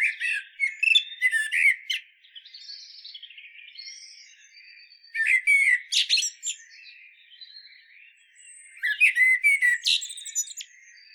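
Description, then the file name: Common blackbird song: three phrases of warbling notes mixed with sharp, high twitters, spaced a few seconds apart. "Turdus merula"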